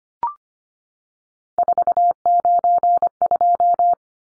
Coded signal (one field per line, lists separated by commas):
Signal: Morse code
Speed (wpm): 25 wpm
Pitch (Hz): 700 Hz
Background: none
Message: 492